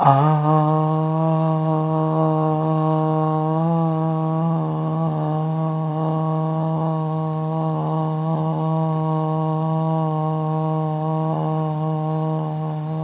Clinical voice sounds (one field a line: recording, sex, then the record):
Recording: sustained vowel /a/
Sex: female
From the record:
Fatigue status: fatigue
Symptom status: symptomatic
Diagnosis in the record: COVID-19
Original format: 3gp